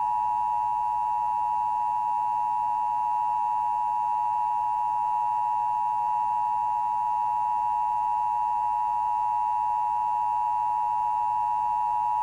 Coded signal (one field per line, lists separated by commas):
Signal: Emergency Alert System (SAME) tones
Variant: 853 and 960 Hz attention tone